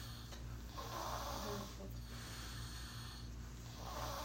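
Two rough, rattling snores from a tired adult, over a steady low background hum, typical of ordinary snoring during sleep.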